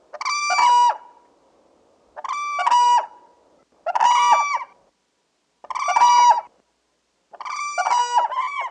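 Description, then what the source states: Whooping crane giving five loud, harsh bugling calls with rich harmonics, repeated roughly every two seconds against a quiet background. Guard call.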